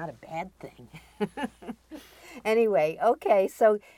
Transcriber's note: laughs